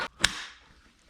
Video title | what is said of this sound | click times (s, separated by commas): QUICKVIEW AIR Tutorial | and simply press it into place until you hear that click | 0.2 s